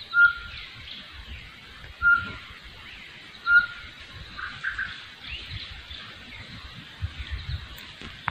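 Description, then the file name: Short-tailed batis: three brief, level whistles from a short-tailed batis, spaced one to two seconds apart, against a steady chorus of other twittering birds. "Batis mixta"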